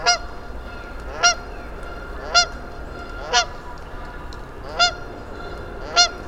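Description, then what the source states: Goose honks, six clear harmonic calls spaced about a second apart over a quiet background hiss. Geese on the frozen bog at Mud Pond nature refuge, Vermont, early spring, after a lone goose's companions arrived from the south and it perked up; parabolic microphone on a stand.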